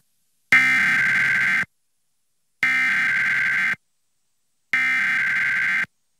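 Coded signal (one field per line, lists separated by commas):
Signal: Emergency Alert System (SAME) tones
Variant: header bursts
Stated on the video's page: Required Monthly Test relayed by a Seattle TV station, captured with OBS from the Paramount+ app in Chrome.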